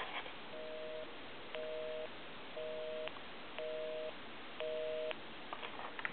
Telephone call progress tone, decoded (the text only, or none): busy tone